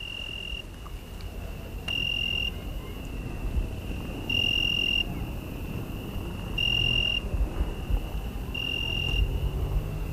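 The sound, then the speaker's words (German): Cicadas shrill in the dark night with a steady high-pitched buzzing drone, swelling into louder pulsing bursts every couple of seconds over a low rumbling background, heard while walking back to a trattoria. “Als ich zur Trattoria zurückgehe, begleitet mich im Dunkel der grelle Gesang der Zikaden.”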